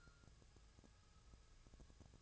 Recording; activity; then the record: daily activity, microphone in the room; take from stove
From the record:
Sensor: 2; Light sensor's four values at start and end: 6/15/6/6 and 6/15/6/6